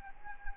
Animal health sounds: mosquito wingbeat signal from an infrared sensor; Anopheles arabiensis

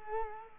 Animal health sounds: mosquito wingbeat signal from an infrared sensor; Culex quinquefasciatus

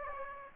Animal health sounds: mosquito wingbeat signal from an infrared sensor; Aedes aegypti

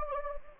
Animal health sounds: mosquito wingbeat signal from an infrared sensor; Anopheles gambiae

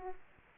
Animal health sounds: mosquito wingbeat signal from an infrared sensor; Aedes aegypti

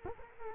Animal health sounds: mosquito wingbeat signal from an infrared sensor; Culex quinquefasciatus

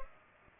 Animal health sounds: mosquito wingbeat signal from an infrared sensor; Culex pipiens

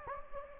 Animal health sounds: mosquito wingbeat signal from an infrared sensor; Anopheles gambiae

